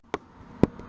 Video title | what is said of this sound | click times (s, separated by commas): DIY Installing Solar Powered Flood Light | There, I don't know if you can see that, but 1, 2. Yeah, okay, two clicks. | 0.1 s, 0.6 s